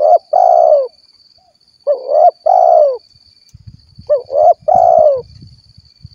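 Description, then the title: Spotted dove cooing in phrases of two short rising notes and a long hoarse coo, about two seconds apart; low rumbling noise joins midway, steady high whine behind. "Tekukur"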